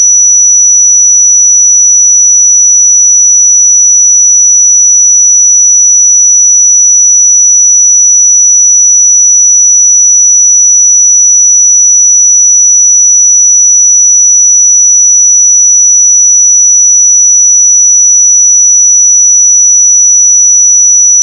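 A pure sine tone at 5900 Hz holds perfectly steady for the full twenty-one seconds, a thin, piercing high whistle. Its loudness never changes, and there are no pauses, wavering or other sounds behind it.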